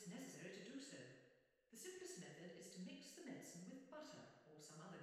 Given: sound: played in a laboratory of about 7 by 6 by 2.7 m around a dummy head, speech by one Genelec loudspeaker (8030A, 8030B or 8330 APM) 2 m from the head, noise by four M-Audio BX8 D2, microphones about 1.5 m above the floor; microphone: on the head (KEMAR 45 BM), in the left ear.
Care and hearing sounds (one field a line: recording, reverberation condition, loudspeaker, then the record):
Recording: female speech in English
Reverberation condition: high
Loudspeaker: behind (180 degrees)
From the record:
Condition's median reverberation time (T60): about 1300 ms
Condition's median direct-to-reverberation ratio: about -4.0 dB